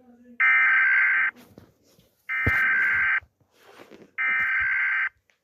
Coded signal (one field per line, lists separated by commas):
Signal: Emergency Alert System (SAME) tones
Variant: header bursts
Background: speech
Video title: Kutstats EAS Alarm